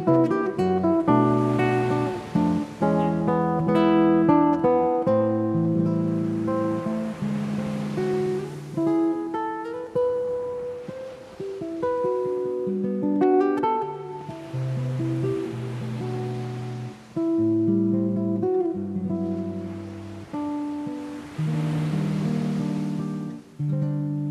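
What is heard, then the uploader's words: Relaxed classical guitar improvisation plays warm low chords and bright picked notes over a steady wash of sea waves rising and falling behind it. Feel the spirit of beautiful Ipanema Beach with laid back improvisation on a classical guitar to the sound of sea waves.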